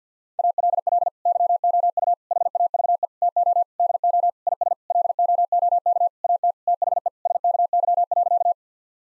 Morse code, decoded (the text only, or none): ALL YOU HAVE TO DO IS LOOK AT THE SKY.